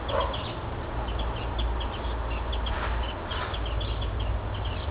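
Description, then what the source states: Small birds chirping: many brief, high, thin notes scattered quickly throughout over a steady low rumble. Birds singing at a feeding station, recorded 14 February 2008.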